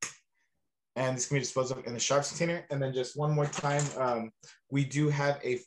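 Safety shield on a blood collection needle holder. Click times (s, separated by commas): 0.0 s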